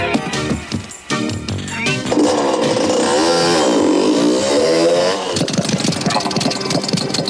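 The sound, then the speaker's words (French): A loud motorcycle engine revs, its pitch sweeping up and down in waves before settling into a steady, rough roar that carries on to the end. “Maman, je n'ai pas repris cette moto. Alors qu'est-ce qu'elle fait ici?”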